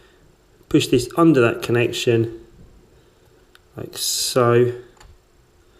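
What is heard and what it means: Someone talks while handling a flex cable connector on an iPhone 4S, working it toward its socket on the smartphone's logic board, with a couple of faint ticks heard near 3.6 and 5.0 seconds. The connector has not clicked or seated onto the board yet.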